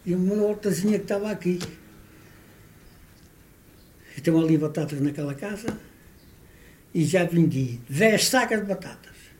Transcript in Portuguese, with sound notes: e numa hortazinha que estava aqui… [pausa] Eu tenho ali batatas naquela casa [pausa] e já vendi dez sacas de batatas!